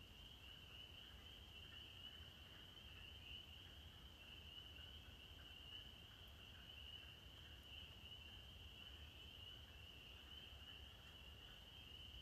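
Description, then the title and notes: Spring peeper: constant high-pitched peeping of many spring peepers blending into one ringing band, over a low continuous hum. Male chorus at dusk on a porch in Maine, April 15, 2023, after the winter freeze; males sing to attract mates; song likened to sleigh bells from deep in the woods. "April 15, 2023. the sound of the spring peepers, or pseudacris crucifer. Their song begins at dusk and sounds rather like sleigh bells from deep in the woods"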